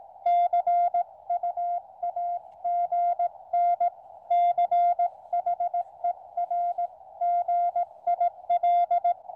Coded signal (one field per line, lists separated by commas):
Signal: Morse code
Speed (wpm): 18 wpm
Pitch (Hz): 700 Hz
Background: none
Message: CUAGN CHER GIL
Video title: First Attempt at OH8STN's Challenge, Camp Radio on 80m.